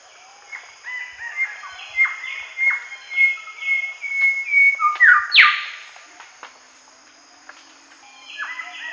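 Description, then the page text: Golden whistler song: a run of whistled notes growing louder, ending in a sharp whip-crack note, then a quieter start of another phrase. "Golden Whistler Song. Quick Sounds"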